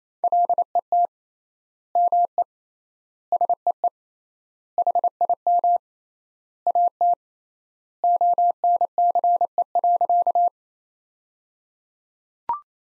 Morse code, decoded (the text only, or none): LET ME SEE HIM AT ONCE.